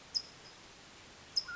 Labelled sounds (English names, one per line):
California Towhee